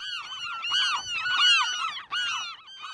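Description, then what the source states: Western gulls calling: overlapping harsh, wailing squeals and yelps from several birds at once, rising and falling. Nesting colony on the barren Farallon Islands off San Francisco, 2007.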